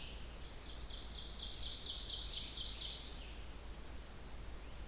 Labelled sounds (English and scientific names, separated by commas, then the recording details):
Ovenbird (Seiurus aurocapilla) song
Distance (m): 55 m
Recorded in boreal forest in Alberta, Canada, on 16 June 2016 at 05:38
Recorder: SongMeter 3, array SBT-3-32
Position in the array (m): 118 m, 22 m
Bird 36